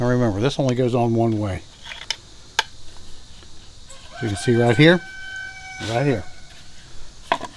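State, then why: Seated. A plastic engine air fin (shroud piece) is fitted over the coil area of the small engine on a Kubota Z725 riding mower during a coil replacement, while someone talks and a rooster crows in the background. The fin is pressed down and snaps into place at 7.3 s, and is seated.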